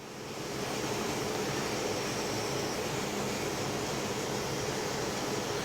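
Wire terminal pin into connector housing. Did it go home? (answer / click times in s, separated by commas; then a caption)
no / none. A yellow wire's terminal pin, for latch lights on a 2024 Harley-Davidson Road Glide, is pushed into a connector housing but is inserted wrong and does not lock. Only a steady broadband hiss is heard, fading up over the first 0.6 seconds and then holding level, with no sudden sounds. Nothing has clicked or seated yet.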